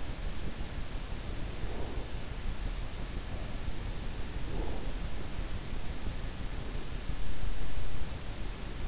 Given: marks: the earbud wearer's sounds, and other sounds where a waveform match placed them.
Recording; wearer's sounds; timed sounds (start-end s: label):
sounds in sleep by an in-ear microphone; breath
1.58-2.20 s: breath
4.36-5.14 s: breath